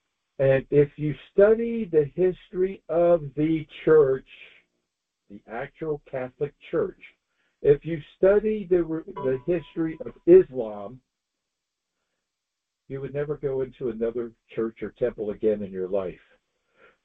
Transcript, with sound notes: And if you study the history of the church, the actual Catholic Church, if you study the re- (computer dinging) the history of Islam, you would never go into another church or temple again in your life.